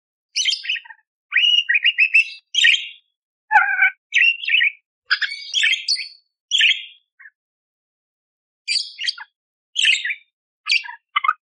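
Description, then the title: Budgerigar song, a long chattering warble of scratchy chirps and quick whistles in irregular bursts, pausing briefly before more high chirps. Loud, clear chirping (gacor jernih) with rough 'tembakan kasar' fill phrases, used as masteran to train magpie robins (kacer). "Masteran Burung Parkit Gacor Jernih Full Isian Tembakan Kasar Cocok Buat Kacer"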